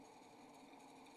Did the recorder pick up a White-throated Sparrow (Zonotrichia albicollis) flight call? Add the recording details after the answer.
no. No flight call is heard. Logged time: 02:19 on 28 November 2014